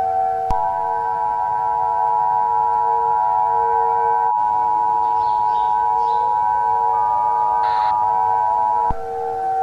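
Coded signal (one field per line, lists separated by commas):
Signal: Emergency Alert System (SAME) tones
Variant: 853 and 960 Hz attention tone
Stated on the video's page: Simulated EAS scenario mock of a US nuclear attack, made to look authentic.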